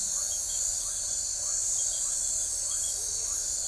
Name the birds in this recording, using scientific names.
none